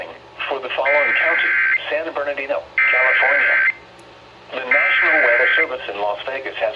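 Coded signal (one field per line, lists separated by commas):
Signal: Emergency Alert System (SAME) tones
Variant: header bursts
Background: speech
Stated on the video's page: Flash flood warning received via a NOAA weather radio station and an FM broadcast station.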